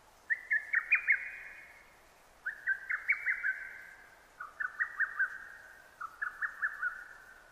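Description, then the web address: Lesser cuckoo singing four rapid choppy whistled phrases in succession, each a quick run of notes that trails off, later phrases slightly lower in pitch. Recorded 6 June 2009. "sounds data 2009 D 50-hototogisu-20090606"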